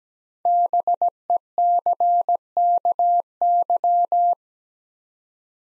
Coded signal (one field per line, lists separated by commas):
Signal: Morse code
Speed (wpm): 17 wpm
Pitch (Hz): 700 Hz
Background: none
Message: BECKY